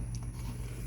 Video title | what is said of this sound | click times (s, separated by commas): Bump Feed String Head - Ryobi | and it pops right in there. There you go. Snapped in. | 0.1 s